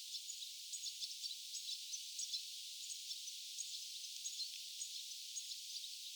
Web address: paivat 10 8 2026 tietaakseni tiklipesueen aantelya kesan toisen ehka juuri pesastaan lentoon lahteneen